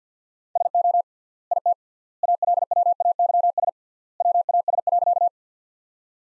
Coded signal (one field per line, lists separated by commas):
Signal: Morse code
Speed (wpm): 50 wpm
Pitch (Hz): 700 Hz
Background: none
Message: SO IT ALWAYS WAS.